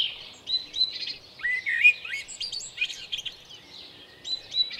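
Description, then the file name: Common blackbird singing a busy run of short whistled and slurred notes, some sliding upward, mixed with high squeaky twitters in quick succession. At Lucenay. "merle lucenay"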